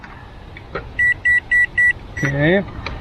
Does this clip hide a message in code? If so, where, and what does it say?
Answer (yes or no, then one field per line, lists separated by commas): no